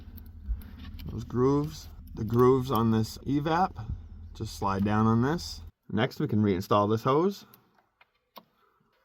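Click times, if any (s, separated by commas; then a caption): none. On a 2007–2013 GMC Sierra or Chevy Silverado, the EVAP vapor hose quick-connector is brought to the purge solenoid valve nipple and lined up before being pushed down, while someone talks. Only faint handling sounds are heard, and nothing has seated or clicked yet.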